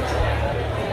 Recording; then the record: background sound without coughing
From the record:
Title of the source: CITY SOUNDS Busy Bar in the Evening Night - 2 HOURS of Ambiance for Relaxation